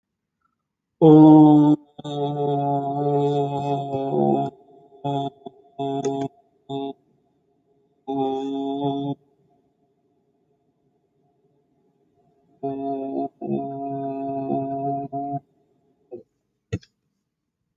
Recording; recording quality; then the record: sustained vowel as in boot; moderate, slight background noise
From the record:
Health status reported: exposed to COVID-19, no respiratory illness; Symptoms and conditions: none ticked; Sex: male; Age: 37 years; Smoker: not ticked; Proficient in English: yes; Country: India